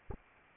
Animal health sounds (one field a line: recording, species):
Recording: mosquito wingbeat signal from an infrared sensor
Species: Anopheles arabiensis